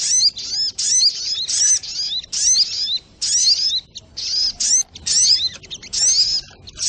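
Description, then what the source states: Little spiderhunter song: loud, high chirping bursts of curving swept notes, delivered in uneven groups with short gaps between. Masteran training recording, labelled Labaik.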